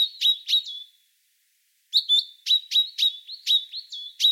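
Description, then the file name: Common chaffinch calling with a quick few sharp, clipped notes, a brief silence, then a longer rapid run of similar bright calls. "Fringilla coelebs"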